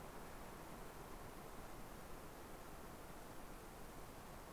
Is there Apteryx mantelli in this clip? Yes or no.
no